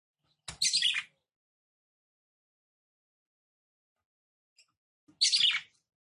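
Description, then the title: Red-cowled cardinal giving two short, scratchy bursts of high chattering notes, separated by about four seconds of quiet. Female song, described as fiery and nervous, used to excite and fire up male red-cowled cardinals quickly. "CANTO DA FÊ MEA GALO CAMPINA FOGOSA LEVANTA FOGOESQUENTA GALO CAMPINA MACHO RAPIDINHO FÊ MEA NERVOSA"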